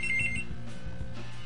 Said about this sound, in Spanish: Teléfono. Teléfono.